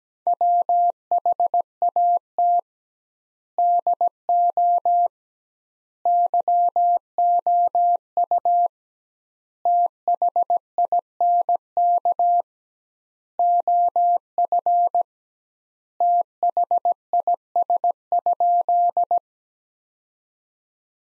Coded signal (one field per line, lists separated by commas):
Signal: Morse code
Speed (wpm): 17 wpm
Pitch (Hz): 700 Hz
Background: none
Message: WHAT DO YOU THINK OF THIS?